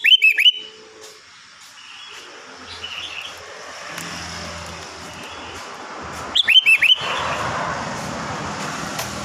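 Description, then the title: Sooty-headed bulbul song: a fast chirpy whistled phrase opens, soft notes follow, then another bubbly phrase, with traffic noise building underneath. "Kutilang"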